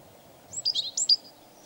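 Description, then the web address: European robin giving a short, high, sweet warbled phrase of quick thin notes, with a faint low rumble underneath. "Robins BBC. robin singing"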